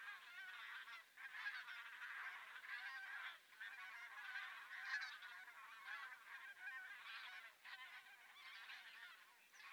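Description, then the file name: Bean goose: geese calling in a flock, a steady stream of overlapping honks that rises and falls gently, with short gaps near the start and middle. "vetesi lud hangja"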